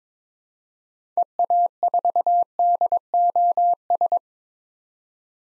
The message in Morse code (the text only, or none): EA4DOS